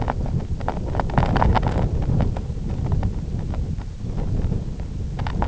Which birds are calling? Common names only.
none